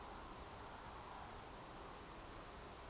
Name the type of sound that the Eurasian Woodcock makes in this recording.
whistle